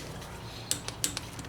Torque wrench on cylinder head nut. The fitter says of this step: When you hear the wrench click twice, all